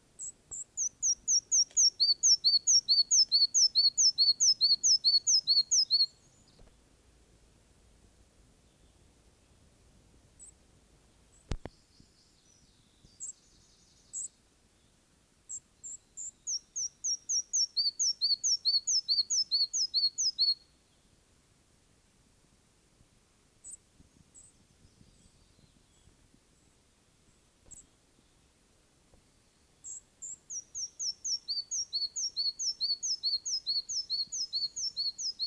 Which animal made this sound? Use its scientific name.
Ficedula parva